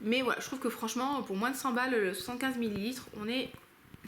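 A cap is being handled to go back onto a refillable perfume bottle; it only clips on when turned the right way. Someone talks throughout, with a brief faint sound near the very end at 4.0 s. The cap has not clicked or seated yet.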